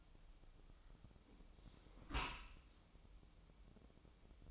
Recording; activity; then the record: daily activity, microphone in the room; close dishwasher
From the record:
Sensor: 1